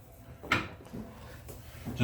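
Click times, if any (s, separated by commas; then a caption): none. A rear CV axle is pushed by hand, using its plunge joint, into a Gear-X CRV rear LSD differential on an AWD Civic EM2. A sharp metallic knock sounds at about 0.5 s, followed by softer thuds near 0.9 s and 1.5 s. The axle circlip does not catch, and the axle has not seated or clicked yet.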